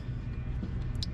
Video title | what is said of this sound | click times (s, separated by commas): 8L90 Transmission Fast Learn how to | you hear it lock in | 1.0 s